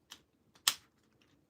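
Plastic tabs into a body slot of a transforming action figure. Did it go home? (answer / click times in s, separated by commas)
yes / 0.7 s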